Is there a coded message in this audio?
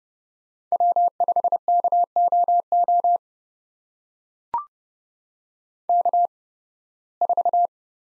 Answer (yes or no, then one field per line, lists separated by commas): yes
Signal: Morse code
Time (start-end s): 0.7-7.7 s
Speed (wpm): 30 wpm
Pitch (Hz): 700 Hz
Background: none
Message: W5KOO K4